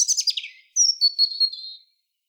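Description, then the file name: European robin giving a quick scratchy trill, followed by a drawn-out, slightly wavering high whistle that fades away. "Erithacus rubecula"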